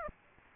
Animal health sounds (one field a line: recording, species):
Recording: mosquito wingbeat signal from an infrared sensor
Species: Aedes aegypti